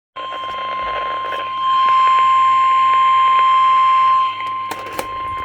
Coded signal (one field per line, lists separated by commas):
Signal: Emergency Alert System (SAME) tones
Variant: 1050 Hz attention tone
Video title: EAS #103 SEVERE THUNDERSTORM WARNING ON KEC76 AND WNG550